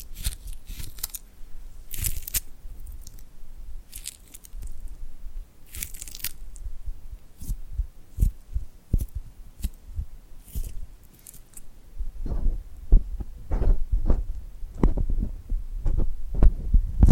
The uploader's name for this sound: Tingly Glued Hand Sounds